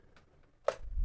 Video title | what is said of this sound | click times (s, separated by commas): How to Install and Configure an RTX 3090 Graphics Card | just like that so if you hear that click that means you're pretty good and it's going to be stationary | 0.7 s